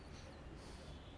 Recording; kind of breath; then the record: one breath in and out by a microphone near the nose and mouth; strong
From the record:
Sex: male